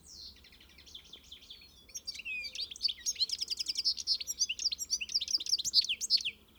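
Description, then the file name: European goldfinch song, starting softly then building into rapid bright twitters and tinkling phrases repeated quickly, ending abruptly; faint low hum in the background. "Carduelis carduelis"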